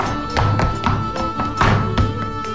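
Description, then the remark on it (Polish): Feet stamp out a mazurka on a tabletop in a radio studio: about seven heavy, woody thumps and taps in an uneven, lilting rhythm over a steady low hum, with no voices. “Także pozwalam sobie w studiu Trójki tańczyć na stole mazurka.”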